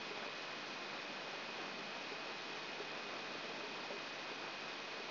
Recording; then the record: brain microelectrode recording played as sound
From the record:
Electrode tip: outside the subthalamic nucleus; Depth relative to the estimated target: -1 mm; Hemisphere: right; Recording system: AlphaMap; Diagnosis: Parkinson's disease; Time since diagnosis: 11 years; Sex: male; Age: 66 years